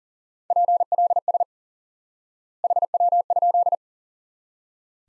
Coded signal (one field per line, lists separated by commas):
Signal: Morse code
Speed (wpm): 40 wpm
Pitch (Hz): 700 Hz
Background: none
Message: PLS HW?